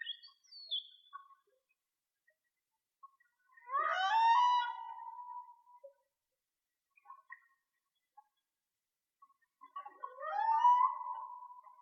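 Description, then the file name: Whale song: two swooping moans with rough overtones, each rising then sliding into a steady tone, separated by several seconds of near silence with faint chirps. "Whale Song-colin"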